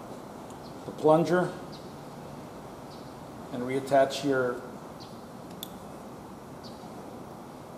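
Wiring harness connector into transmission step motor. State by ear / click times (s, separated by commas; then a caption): seated / 5.6 s. A wiring harness connector is plugged back into the step motor on the CVT transmission of a 2008 Nissan Sentra. Someone talks, then a single sharp click is heard at 5.6 s as the connector snaps in and seats.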